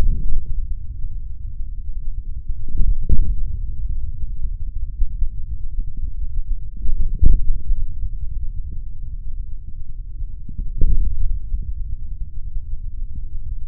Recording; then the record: forearm muscle sounds (acoustic myography)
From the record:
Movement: hand opening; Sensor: system 3, bracelet of six PUI Audio POM-2738L microphones around the upper forearm, with dedicated amplification and filtering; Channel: 5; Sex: male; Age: 26 years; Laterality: right